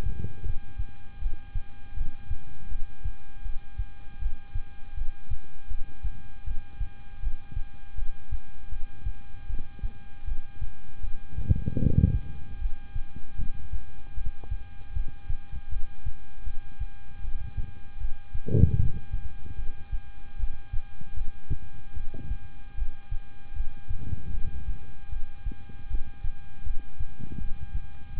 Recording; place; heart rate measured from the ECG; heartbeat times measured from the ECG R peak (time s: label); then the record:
heart sounds by stethoscope; between the tricuspid and mitral areas; 78 bpm
0.43 s: heartbeat
1.19 s: heartbeat
1.94 s: heartbeat
2.69 s: heartbeat
3.43 s: heartbeat
4.19 s: heartbeat
4.95 s: heartbeat
5.68 s: heartbeat
6.44 s: heartbeat
7.20 s: heartbeat
7.95 s: heartbeat
8.69 s: heartbeat
9.47 s: heartbeat
10.25 s: heartbeat
11.01 s: heartbeat
11.79 s: heartbeat
12.59 s: heartbeat
13.36 s: heartbeat
14.14 s: heartbeat
14.93 s: heartbeat
15.69 s: heartbeat
16.44 s: heartbeat
17.21 s: heartbeat
17.98 s: heartbeat
18.76 s: heartbeat
19.56 s: heartbeat
20.37 s: heartbeat
21.14 s: heartbeat
21.94 s: heartbeat
22.75 s: heartbeat
23.54 s: heartbeat
24.31 s: heartbeat
25.09 s: heartbeat
25.88 s: heartbeat
26.63 s: heartbeat
27.38 s: heartbeat
28.14 s: heartbeat
From the record:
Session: rest, lying down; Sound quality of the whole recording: good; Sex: male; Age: 26 years